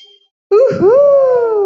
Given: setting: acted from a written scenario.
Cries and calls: vocal sound without words; elation

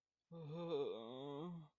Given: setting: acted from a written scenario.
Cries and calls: vocal sound without words; fear

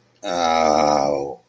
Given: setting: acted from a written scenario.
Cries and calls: vocal sound without words; embarrassment

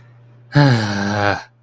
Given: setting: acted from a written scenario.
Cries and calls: vocal sound without words; contempt

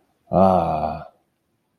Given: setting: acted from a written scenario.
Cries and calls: vocal sound without words; pride

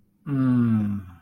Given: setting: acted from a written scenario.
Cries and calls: vocal sound without words; contentment

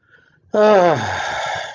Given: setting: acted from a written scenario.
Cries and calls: vocal sound without words; relief

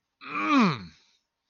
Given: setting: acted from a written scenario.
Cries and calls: vocal sound without words; triumph

